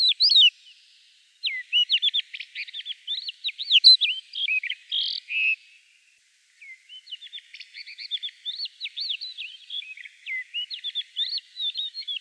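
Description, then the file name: Crested lark song: a brief opening note, then two long phrases of rapid, varied whistles, trills and chirps, broken by a brief pause, with no other sounds. "Galerida cristata"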